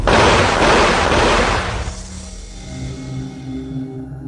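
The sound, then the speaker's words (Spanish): A harsh, explosive burst of noise as a .44-caliber gunshot blows out the window glass of a car parked on a dark street, lasting over a second, then fading into a thin ringing hum and scattered faint tinkles of glass fragments. “volaron trozos de vidrio.”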